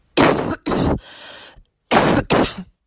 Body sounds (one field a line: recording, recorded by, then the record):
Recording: voluntary cough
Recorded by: messaging app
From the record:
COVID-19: negative